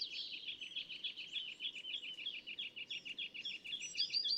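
California thrasher song: a fast, steady run of repeated high chattering notes, about three or four a second, with a few higher sweeping notes near the end over low background noise.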